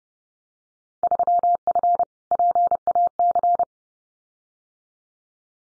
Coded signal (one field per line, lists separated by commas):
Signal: Morse code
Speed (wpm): 30 wpm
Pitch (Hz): 700 Hz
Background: none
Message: 3F PAC